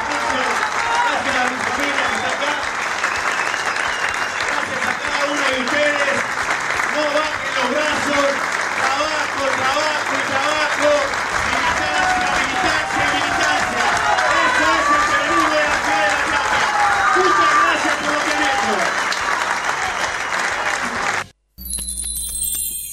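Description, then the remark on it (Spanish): An audience applauds in a dense, steady wash of clapping that lasts about twenty seconds, with crowd voices murmuring and calling underneath before it cuts off abruptly. “Qué aplausos más raros, ¿no? Eran como que no se sabía bien dónde empezaban.”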